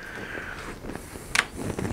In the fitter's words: those up to where they need to be and you'll hear a good click and feel that grab